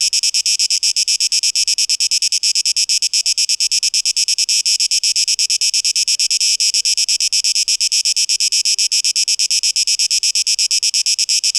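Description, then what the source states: Cicada song, a continuous shrill buzz chopped into fast, even beats. 12 August 2023.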